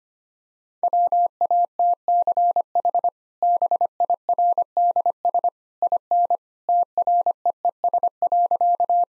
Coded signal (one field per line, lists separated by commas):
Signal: Morse code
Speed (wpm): 25 wpm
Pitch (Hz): 700 Hz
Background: none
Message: WATCH BIRDS IN TREES.